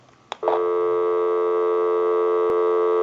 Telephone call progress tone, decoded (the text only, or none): dial tone